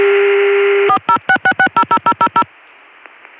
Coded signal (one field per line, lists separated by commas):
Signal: DTMF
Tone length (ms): 80 ms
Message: 4066600000